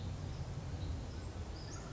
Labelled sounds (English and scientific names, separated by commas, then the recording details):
Western Flycatcher (Empidonax difficilis)
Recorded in Sonoma County, California